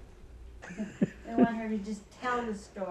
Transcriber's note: they laugh